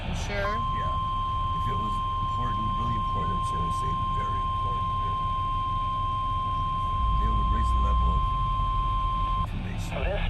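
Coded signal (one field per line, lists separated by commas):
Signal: Emergency Alert System (SAME) tones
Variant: 1050 Hz attention tone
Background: speech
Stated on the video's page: Required weekly test on NOAA weather radio WXL36, recorded with conversation audible in the background.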